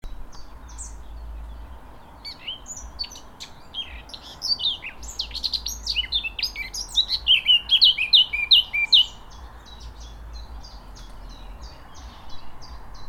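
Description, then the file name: Eurasian blackcap song: a hurried, scratchy warble turning into clearer whistled notes, with a few scattered chirps before and after and low background rumble. "Sylvia atricapilla"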